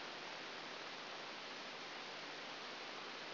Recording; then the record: brain microelectrode recording played as sound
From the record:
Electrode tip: outside the subthalamic nucleus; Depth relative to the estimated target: -6 mm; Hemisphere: right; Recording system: AlphaMap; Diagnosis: Parkinson's disease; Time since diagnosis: 11 years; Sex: female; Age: 60 years